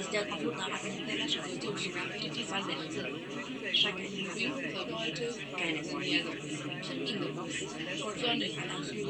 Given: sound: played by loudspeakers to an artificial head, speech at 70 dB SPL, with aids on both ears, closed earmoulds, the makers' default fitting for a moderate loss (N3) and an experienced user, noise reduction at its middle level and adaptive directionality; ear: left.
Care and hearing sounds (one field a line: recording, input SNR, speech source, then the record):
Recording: speech test signal (ISTS) in cocktail-party noise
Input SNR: -3 dB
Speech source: on the right (90 degrees)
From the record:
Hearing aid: class 1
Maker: C